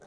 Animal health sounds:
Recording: pig call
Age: piglet (1 to 25 days)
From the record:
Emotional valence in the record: negative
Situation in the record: long isolation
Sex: female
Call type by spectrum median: low-frequency call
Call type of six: low-frequency tonal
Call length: 0.07 s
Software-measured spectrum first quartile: 461 Hz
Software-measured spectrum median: 781 Hz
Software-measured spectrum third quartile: 2187 Hz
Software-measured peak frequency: 430 Hz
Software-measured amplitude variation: 34 dB a second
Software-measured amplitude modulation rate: 7.2 a second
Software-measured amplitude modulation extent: 4.8 dB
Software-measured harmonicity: 1.2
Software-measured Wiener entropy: -1.41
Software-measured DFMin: 988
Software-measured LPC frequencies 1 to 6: 609, 1532, 3672, 6081, 6876, 8183 Hz

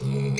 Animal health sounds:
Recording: pig call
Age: weaner (32 to 43 days)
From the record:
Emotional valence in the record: negative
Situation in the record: short isolation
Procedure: open field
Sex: female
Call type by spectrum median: low-frequency call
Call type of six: mixed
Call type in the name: high-frequency modulated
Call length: 0.40 s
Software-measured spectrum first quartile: 147 Hz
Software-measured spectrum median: 312 Hz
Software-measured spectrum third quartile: 1335 Hz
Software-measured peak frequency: 137 Hz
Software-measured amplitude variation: 65 dB a second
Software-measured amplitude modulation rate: 25.1 a second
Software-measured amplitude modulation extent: 2.6 dB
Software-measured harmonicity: -0.5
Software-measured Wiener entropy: -2.81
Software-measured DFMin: 1255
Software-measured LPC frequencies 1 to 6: 245, 2194, 2390, 3661, 4162, 4769 Hz

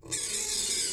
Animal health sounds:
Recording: pig call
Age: weaner (32 to 43 days)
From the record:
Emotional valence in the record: negative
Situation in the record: long isolation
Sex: female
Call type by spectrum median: high-frequency call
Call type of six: high-frequency stable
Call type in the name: high-frequency stable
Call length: 0.94 s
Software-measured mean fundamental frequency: 412 Hz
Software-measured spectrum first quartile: 4161 Hz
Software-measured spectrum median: 6510 Hz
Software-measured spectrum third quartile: 8059 Hz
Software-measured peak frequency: 8199 Hz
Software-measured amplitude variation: 111 dB a second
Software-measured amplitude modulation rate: 25.6 a second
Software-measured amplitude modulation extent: 4.3 dB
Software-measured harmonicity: 0.2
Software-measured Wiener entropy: -1.72

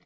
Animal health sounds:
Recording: pig call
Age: piglet (1 to 25 days)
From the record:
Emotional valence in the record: positive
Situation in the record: short reunion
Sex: female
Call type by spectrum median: low-frequency call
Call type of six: low-frequency tonal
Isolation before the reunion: 3 minutes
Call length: 0.05 s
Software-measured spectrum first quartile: 319 Hz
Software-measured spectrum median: 1180 Hz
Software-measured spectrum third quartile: 2762 Hz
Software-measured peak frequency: 169 Hz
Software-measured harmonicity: 0.6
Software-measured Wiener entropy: -1.23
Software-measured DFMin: 907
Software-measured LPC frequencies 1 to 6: 2090, 3421, 4227, 5101, 6767, 8483 Hz

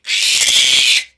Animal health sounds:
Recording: pig call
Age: piglet (1 to 25 days)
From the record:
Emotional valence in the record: negative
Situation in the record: restrain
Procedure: back test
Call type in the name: high-frequency call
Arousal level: medium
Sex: female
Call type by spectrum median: high-frequency call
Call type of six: high-frequency stable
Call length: 1.18 s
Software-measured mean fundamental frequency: 254 Hz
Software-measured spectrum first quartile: 3149 Hz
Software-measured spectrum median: 4287 Hz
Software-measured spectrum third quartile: 7253 Hz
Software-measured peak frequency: 3411 Hz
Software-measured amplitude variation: 146 dB a second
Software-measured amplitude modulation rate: 16.5 a second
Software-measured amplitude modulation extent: 8.8 dB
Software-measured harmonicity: -0.5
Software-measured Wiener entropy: -1.92

